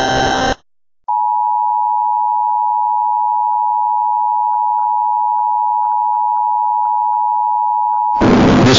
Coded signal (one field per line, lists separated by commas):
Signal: Emergency Alert System (SAME) tones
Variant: 853 and 960 Hz attention tone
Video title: VTH Movie EAS Part 1: Cringlor strikes